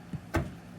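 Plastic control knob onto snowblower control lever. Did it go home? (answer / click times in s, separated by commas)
yes / 0.3 s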